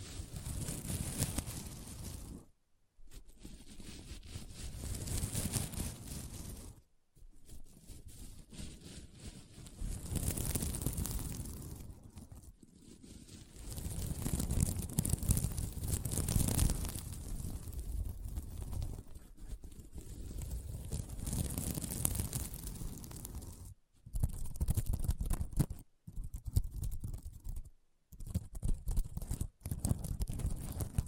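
Scratching across a sequin mermaid pillow, a dense rasping and crackling sound that fills the range from low rustle to bright hiss. Strokes run in long stretches, broken by sharp silent gaps near 3, 7, 12 and 24 seconds, then shorter bursts with quick pauses toward the end.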